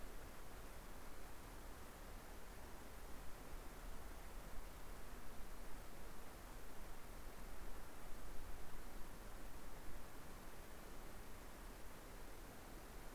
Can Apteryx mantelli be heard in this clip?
no